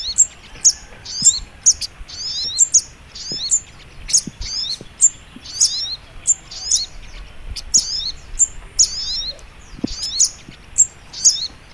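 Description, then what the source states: Little Spiderhunter song: shrill, sharp notes and quick downward twitters repeated steadily throughout, faint background noise. Training (masteran) song in the Labaik style.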